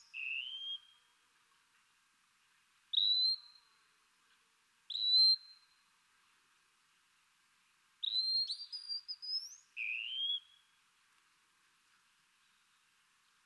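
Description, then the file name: Wallcreeper with clear rising whistles separated by pauses, one longer phrase climbing in steps, in an otherwise quiet setting. "TICHODROME"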